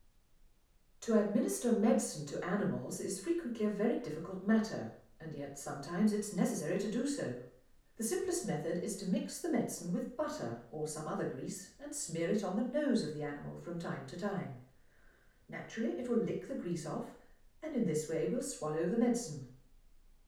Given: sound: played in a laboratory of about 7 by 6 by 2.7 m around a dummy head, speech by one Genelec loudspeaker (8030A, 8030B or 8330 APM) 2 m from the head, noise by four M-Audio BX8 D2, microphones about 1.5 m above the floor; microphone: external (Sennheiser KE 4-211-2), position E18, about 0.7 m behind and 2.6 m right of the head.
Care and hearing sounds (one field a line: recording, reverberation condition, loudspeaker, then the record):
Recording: female speech in English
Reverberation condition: medium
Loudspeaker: 30 degrees to the left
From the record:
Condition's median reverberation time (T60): about 510 ms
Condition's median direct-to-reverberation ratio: about -0.5 dB